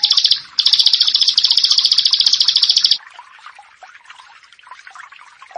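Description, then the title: Prinia song: a fast, even series of high buzzy notes repeated for about three seconds, briefly broken near the start, then only faint twittering remains. "Ciblek Sawah"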